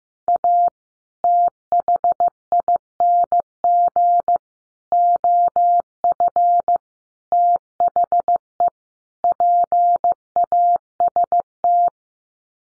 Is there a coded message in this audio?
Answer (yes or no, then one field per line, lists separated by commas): yes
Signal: Morse code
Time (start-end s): 0.3-11.9 s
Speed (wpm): 15 wpm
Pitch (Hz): 700 Hz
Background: none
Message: A THING OF THE PAST